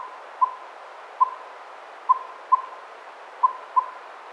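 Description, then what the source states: Northern saw-whet owl giving short, even whistled toots near one pitch, six notes spaced irregularly over a few seconds against a soft background hiss. Nominate subspecies Aegolius acadicus acadicus.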